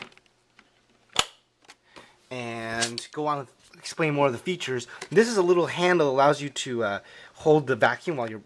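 The bagless plastic dust cup and filter assembly of a Hoover Nano Light upright vacuum, whose filters are washable, is pushed back into the vacuum body, with a sharp plastic click at 1.2 s as it snaps into place. A few faint ticks follow, and then someone talks.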